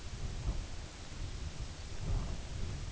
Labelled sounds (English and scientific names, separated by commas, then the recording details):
none
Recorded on Arctic tundra, site UTQI-2, on 15 June 2019
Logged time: 02:00